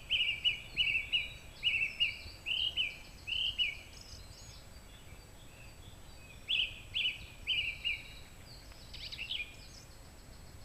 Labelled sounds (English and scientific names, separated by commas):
Song Thrush (Turdus philomelos) song